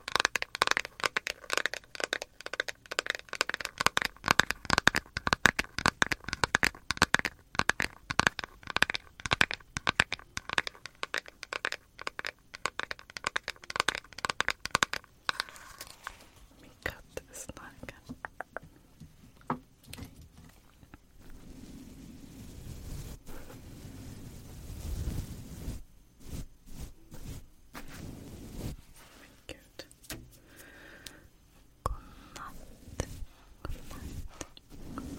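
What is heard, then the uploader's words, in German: Quick, sharp tapping repeats steadily for about fifteen seconds, then gives way to quieter, scattered clicks over a low rumble. ASMR - "Tapp, tapp, tapp".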